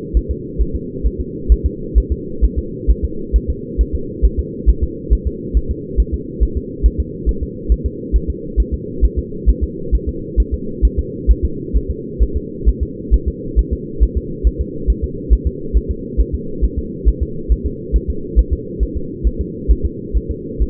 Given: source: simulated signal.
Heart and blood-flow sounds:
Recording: fetal heart sounds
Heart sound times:
0.17 s: S1
0.31 s: S2
0.61 s: S1
0.75 s: S2
1.06 s: S1
1.21 s: S2
1.52 s: S1
1.66 s: S2
1.98 s: S1
2.12 s: S2
2.44 s: S1
2.59 s: S2
2.90 s: S1
3.04 s: S2
3.36 s: S1
3.50 s: S2
3.81 s: S1
3.95 s: S2
4.25 s: S1
4.39 s: S2
4.69 s: S1
4.84 s: S2
5.13 s: S1
5.27 s: S2
5.57 s: S1
5.71 s: S2
6.00 s: S1
6.14 s: S2
6.43 s: S1
6.57 s: S2
6.86 s: S1
7.00 s: S2
7.29 s: S1
7.43 s: S2
7.72 s: S1
7.86 s: S2
8.16 s: S1
8.30 s: S2
8.60 s: S1
8.74 s: S2
9.04 s: S1
9.19 s: S2
9.50 s: S1
9.64 s: S2
9.95 s: S1
10.09 s: S2
10.40 s: S1
10.54 s: S2
10.85 s: S1
10.99 s: S2
11.31 s: S1
11.45 s: S2
11.76 s: S1
11.91 s: S2
12.23 s: S1
12.37 s: S2
12.69 s: S1
12.83 s: S2
13.14 s: S1
13.28 s: S2
13.59 s: S1
13.73 s: S2
14.03 s: S1
14.17 s: S2
14.47 s: S1
14.61 s: S2
14.90 s: S1
15.04 s: S2
15.33 s: S1
15.47 s: S2
15.77 s: S1
15.91 s: S2
16.20 s: S1
16.35 s: S2
16.64 s: S1
16.79 s: S2
17.08 s: S1
17.23 s: S2
17.52 s: S1
17.66 s: S2
17.96 s: S1
18.10 s: S2
18.39 s: S1
18.53 s: S2
18.83 s: S1
18.97 s: S2
19.27 s: S1
19.41 s: S2
19.71 s: S1
19.86 s: S2
20.17 s: S1
20.31 s: S2
20.62 s: S1
From the record:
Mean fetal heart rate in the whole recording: 135 bpm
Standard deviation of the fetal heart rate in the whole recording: 3 bpm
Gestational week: 34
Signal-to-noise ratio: -4.3 dB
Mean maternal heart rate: 72 bpm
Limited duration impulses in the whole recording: absent

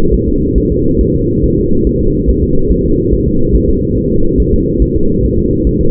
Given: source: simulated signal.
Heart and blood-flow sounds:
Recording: fetal heart sounds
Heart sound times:
0.14 s: S1
0.28 s: S2
0.58 s: S1
0.72 s: S2
1.01 s: S1
1.15 s: S2
1.44 s: S1
1.58 s: S2
1.87 s: S1
2.01 s: S2
2.29 s: S1
2.43 s: S2
2.71 s: S1
2.85 s: S2
3.13 s: S1
3.27 s: S2
3.55 s: S1
3.69 s: S2
3.98 s: S1
4.11 s: S2
4.40 s: S1
4.54 s: S2
4.82 s: S1
4.96 s: S2
5.25 s: S1
5.38 s: S2
5.67 s: S1
5.81 s: S2
From the record:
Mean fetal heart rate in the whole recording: 140 bpm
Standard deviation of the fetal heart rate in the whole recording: 2 bpm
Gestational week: 34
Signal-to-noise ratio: -16.4 dB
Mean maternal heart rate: 72 bpm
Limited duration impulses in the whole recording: present

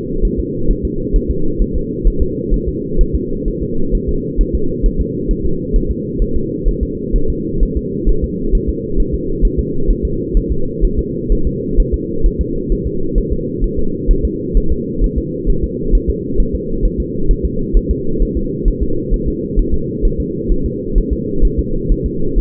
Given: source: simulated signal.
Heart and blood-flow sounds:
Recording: fetal heart sounds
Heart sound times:
0.25 s: S1
0.39 s: S2
0.71 s: S1
0.85 s: S2
1.16 s: S1
1.31 s: S2
1.62 s: S1
1.76 s: S2
2.07 s: S1
2.22 s: S2
2.54 s: S1
2.68 s: S2
3.01 s: S1
3.15 s: S2
3.48 s: S1
3.62 s: S2
3.95 s: S1
4.09 s: S2
4.41 s: S1
4.55 s: S2
4.86 s: S1
5.00 s: S2
5.31 s: S1
5.45 s: S2
5.76 s: S1
5.91 s: S2
6.22 s: S1
6.36 s: S2
6.68 s: S1
6.83 s: S2
7.16 s: S1
7.30 s: S2
7.63 s: S1
7.77 s: S2
8.09 s: S1
8.24 s: S2
8.55 s: S1
8.69 s: S2
9.00 s: S1
9.14 s: S2
9.45 s: S1
9.59 s: S2
9.91 s: S1
10.05 s: S2
10.37 s: S1
10.51 s: S2
10.85 s: S1
10.99 s: S2
11.32 s: S1
11.47 s: S2
11.80 s: S1
11.94 s: S2
12.26 s: S1
12.41 s: S2
12.72 s: S1
12.87 s: S2
13.18 s: S1
13.32 s: S2
13.64 s: S1
13.79 s: S2
14.11 s: S1
14.25 s: S2
14.57 s: S1
14.72 s: S2
15.04 s: S1
15.18 s: S2
15.50 s: S1
15.64 s: S2
15.95 s: S1
16.09 s: S2
16.40 s: S1
16.55 s: S2
16.85 s: S1
17.00 s: S2
17.31 s: S1
17.45 s: S2
17.77 s: S1
17.91 s: S2
18.22 s: S1
18.37 s: S2
18.68 s: S1
18.82 s: S2
19.14 s: S1
19.28 s: S2
19.59 s: S1
19.74 s: S2
20.05 s: S1
20.20 s: S2
20.52 s: S1
20.66 s: S2
20.98 s: S1
21.13 s: S2
21.45 s: S1
21.59 s: S2
21.91 s: S1
22.06 s: S2
22.38 s: S1
From the record:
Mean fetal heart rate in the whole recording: 130 bpm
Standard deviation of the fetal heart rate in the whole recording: 4 bpm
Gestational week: 38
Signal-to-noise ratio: -8.1 dB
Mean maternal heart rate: 72 bpm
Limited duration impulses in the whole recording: absent

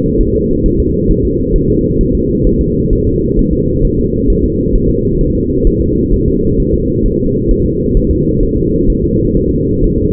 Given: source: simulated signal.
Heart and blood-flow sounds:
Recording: fetal heart sounds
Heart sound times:
0.21 s: S1
0.35 s: S2
0.66 s: S1
0.80 s: S2
1.11 s: S1
1.25 s: S2
1.56 s: S1
1.70 s: S2
2.01 s: S1
2.15 s: S2
2.47 s: S1
2.61 s: S2
2.93 s: S1
3.07 s: S2
3.39 s: S1
3.53 s: S2
3.85 s: S1
3.99 s: S2
4.30 s: S1
4.44 s: S2
4.75 s: S1
4.90 s: S2
5.21 s: S1
5.35 s: S2
5.67 s: S1
5.81 s: S2
6.14 s: S1
6.28 s: S2
6.60 s: S1
6.74 s: S2
7.06 s: S1
7.20 s: S2
7.51 s: S1
7.66 s: S2
7.97 s: S1
8.11 s: S2
8.43 s: S1
8.57 s: S2
8.90 s: S1
9.04 s: S2
9.37 s: S1
9.51 s: S2
9.84 s: S1
9.98 s: S2
From the record:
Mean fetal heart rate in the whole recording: 130 bpm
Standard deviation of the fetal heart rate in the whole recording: 4 bpm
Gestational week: 38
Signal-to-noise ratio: -14.7 dB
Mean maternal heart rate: 72 bpm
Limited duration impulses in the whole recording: present

